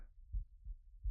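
Soft, low, muffled thumps come at a quick, even pace, three within about a second. This is an adult's heartbeat heard close against the chest during a hug, running a little fast but otherwise ordinary.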